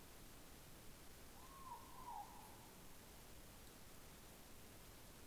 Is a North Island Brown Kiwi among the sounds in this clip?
no